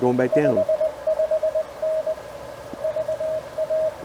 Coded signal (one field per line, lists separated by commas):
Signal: Morse code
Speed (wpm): 20 wpm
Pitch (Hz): 630 Hz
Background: speech, radio noise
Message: 55N VA